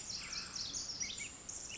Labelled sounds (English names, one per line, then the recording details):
Pacific Wren
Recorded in Sonoma County, California